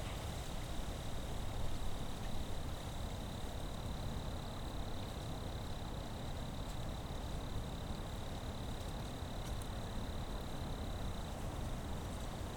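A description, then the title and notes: Outdoor ambience by a creek in dune country, dominated by a steady, dense low rumble that holds level throughout. A thin, unbroken high drone, like a frog or insect chorus, runs across the whole clip, with a few faint ticks now and then. Sounds of Sleeping Bear Dunes: Tranquility Interrupted on Otter Creek. Location: Sleeping Bear Dunes National Lake Shore. Recording Device: Zoom F3. Microphone(s): Audio Technica BP 4025.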